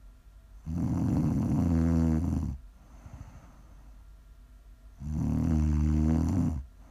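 ASMR snoring from an adult sleeper: two long, low, buzzing snores, each lasting about two seconds, separated by a quiet breath.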